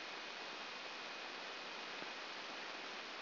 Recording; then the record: brain microelectrode recording played as sound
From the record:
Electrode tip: outside the subthalamic nucleus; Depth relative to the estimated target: -1 mm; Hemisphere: right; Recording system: AlphaMap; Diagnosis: Parkinson's disease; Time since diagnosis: 15 years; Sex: female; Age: 68 years